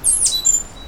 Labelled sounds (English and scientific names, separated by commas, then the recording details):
Stitchbird (Notiomystis cincta) song
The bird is a male
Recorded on Tiritiri Matangi Island, New Zealand, in 2005
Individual 9, of nest box 11